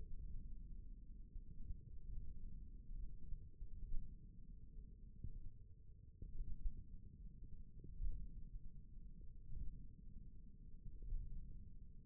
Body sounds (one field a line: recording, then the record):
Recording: forearm muscle sounds (acoustic myography)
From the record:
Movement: index flexion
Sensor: system 1, eight BSWA MPA416 microphones around the upper forearm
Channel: 1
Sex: male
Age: 41 years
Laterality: right